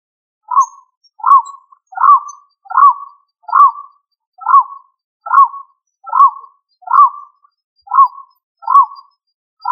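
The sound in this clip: Pigeon calls: short, rising-then-falling hooted notes, evenly repeated about every 0.8 seconds, against a silent background.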